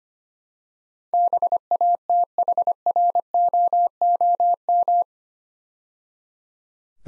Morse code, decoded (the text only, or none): BATHROOM